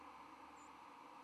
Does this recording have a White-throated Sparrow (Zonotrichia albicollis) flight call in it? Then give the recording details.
yes. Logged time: 05:20 on 10 November 2014